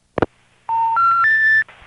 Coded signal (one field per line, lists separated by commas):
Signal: telephone call progress tone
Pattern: special information tone